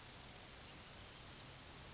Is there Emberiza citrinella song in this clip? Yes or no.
no